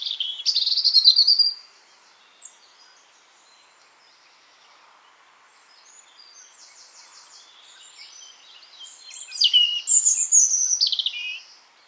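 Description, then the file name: European robin song, a rich high warbling phrase at the start, a long hush with faint wisps, then another sweeping, trilled phrase with falling slurs. "Erithacus rubecula"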